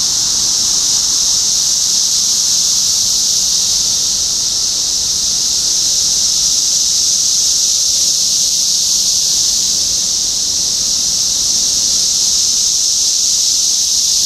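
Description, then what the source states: Cicadas in a dense chorus, a steady unbroken hiss-like drone high in pitch that holds level throughout with no pauses. Cicadas recorded in Topeka, Kansas, on 14 June 2015.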